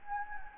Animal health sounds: mosquito wingbeat signal from an infrared sensor; Anopheles gambiae

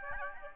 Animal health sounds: mosquito wingbeat signal from an infrared sensor; Aedes albopictus

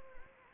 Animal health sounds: mosquito wingbeat signal from an infrared sensor; Anopheles gambiae

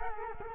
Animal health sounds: mosquito wingbeat signal from an infrared sensor; Culex quinquefasciatus

